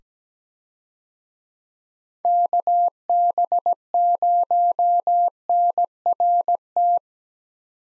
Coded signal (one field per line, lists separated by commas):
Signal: Morse code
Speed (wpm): 17 wpm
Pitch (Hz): 700 Hz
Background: none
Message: KB0NRT